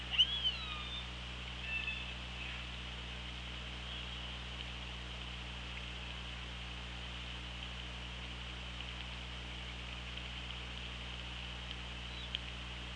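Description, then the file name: Orca calls: a brief, rising and falling tonal cry at the very start and a fainter one soon after, then only hiss and low hum. Recorded on an OrcaLab hydrophone, 24 August 2017, at 15:55. "Orca Lab UTLN JASON 20170824 155535"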